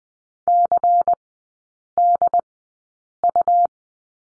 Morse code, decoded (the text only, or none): CDU